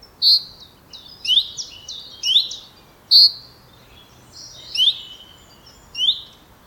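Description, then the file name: Common chaffinch calls: several short, bright notes with a few softer chirps between them over a quiet background hiss. "Fringilla coelebs"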